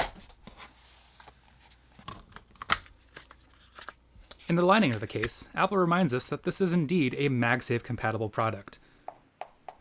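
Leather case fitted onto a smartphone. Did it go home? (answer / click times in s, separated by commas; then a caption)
yes / 9.4 s. A leather MagSafe case is snapped onto a smartphone, and it clicks into place at about 9.4 seconds. Small handling clicks come earlier, and someone talks through the middle of the clip.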